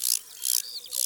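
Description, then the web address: Large banded grasshopper giving three short, high rasping bursts. Recorded in the mountains. "Le criquet bariole Bestiaire. un jour dans la montagne"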